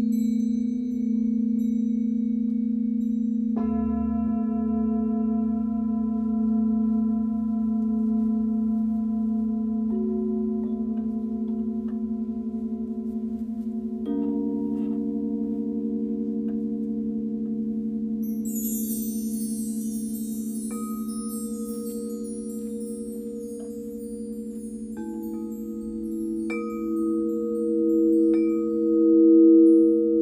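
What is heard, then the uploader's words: Sustained ringing tones from bowls and gongs hum steadily throughout, with a deep low drone and new strikes shifting the pitch around 4, 14 and 25 seconds. From about 18 seconds a bright cluster of shimmering chimes sparkles high above, fading toward the end. Gong ,chimes ,crystal bowls healing meditation for times of change.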